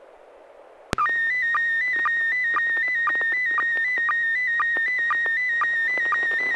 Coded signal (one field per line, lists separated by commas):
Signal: SSTV (slow-scan television)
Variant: PD 120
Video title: N6NA SSTV Net - 02/09/2022